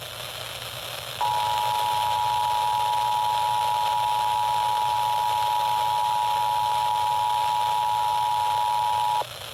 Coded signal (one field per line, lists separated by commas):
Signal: Emergency Alert System (SAME) tones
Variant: 853 and 960 Hz attention tone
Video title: MULTIPLE DAY ALERTS 4 | EAS Alerts from 8/17/26 - 8/22/26